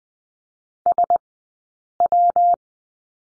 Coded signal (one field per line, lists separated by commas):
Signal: Morse code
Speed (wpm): 20 wpm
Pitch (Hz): 700 Hz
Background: none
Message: SW